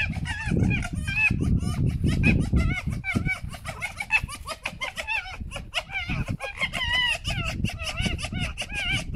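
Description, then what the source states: Fox chattering almost nonstop, rapid wavering yelps repeated several times a second throughout, against low background rumble. Fox described as laughing.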